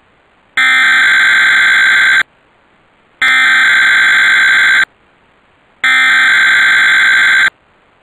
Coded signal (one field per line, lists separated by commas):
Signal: Emergency Alert System (SAME) tones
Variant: header bursts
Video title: (EAS) Suddenlink - West Virginia's Required Monthly Test (2/8/2022)